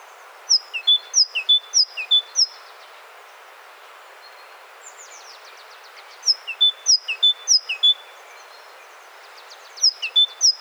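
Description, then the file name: Great tit repeating sharp two-note phrases in three bursts, high note then lower note, with a quick run of thin high notes after the first burst. "Parus major"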